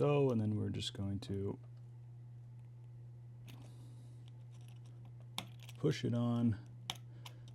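A replacement YoDave trigger spring is pushed by hand onto its seat in the trigger assembly of a CZ 457 rifle and then rotated into position. Someone talks at the start and again around 6 s over a steady low hum, with faint ticks and a sharp click at 5.4 s. The spring snaps on and seats with a crisp click at 6.9 s.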